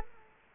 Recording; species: mosquito wingbeat signal from an infrared sensor; Culex quinquefasciatus